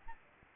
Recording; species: mosquito wingbeat signal from an infrared sensor; Aedes albopictus